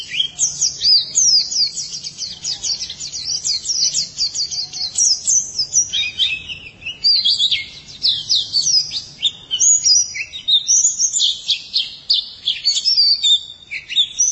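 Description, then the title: White-eye singing a long, high-pitched warble of rapid chirps and trills, with a few brief breaks. "Kicauan Burung Pleci"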